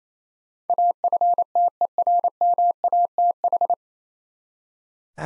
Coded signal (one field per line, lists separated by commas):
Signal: Morse code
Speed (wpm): 28 wpm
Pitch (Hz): 700 Hz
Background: none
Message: AFTERMATH